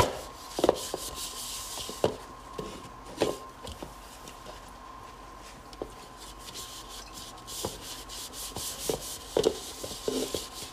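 A large bowl being washed and dried, with steady rubbing and wiping scrapes running throughout. Sharper knocks and squeaks come every second or two, loudest near the start and around nine to ten seconds. A faint steady tone hums underneath.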